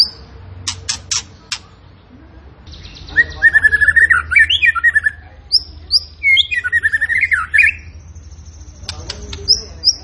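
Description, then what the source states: Tembakan bird delivering rapid clicks followed by long, fluid warbled whistles that twist up and down, then more high whistles and dry chips. Cage bird in full, energetic song; a master recording used to train other cage birds.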